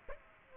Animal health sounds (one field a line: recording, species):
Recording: mosquito wingbeat signal from an infrared sensor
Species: Aedes aegypti